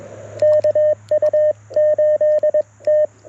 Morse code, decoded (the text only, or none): KU8T